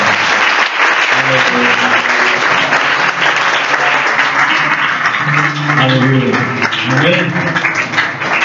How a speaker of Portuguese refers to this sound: É uma salva de palmas para Deus.